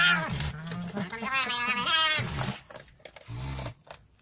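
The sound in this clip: Nutria giving a long wavering cry, then a short, lower moan.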